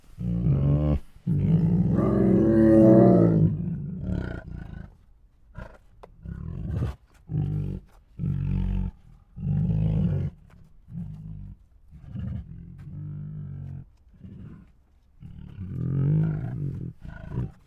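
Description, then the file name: Tiger roaring and huffing: a long harmonic roar early on, then a series of short huffs and growls, with another rumbling moan near the end. Two hungry tigers making many huffs, moans and roars. "Two Tigers Make Many Hungry Huffs, Moans and Roars [Sound Ideas]"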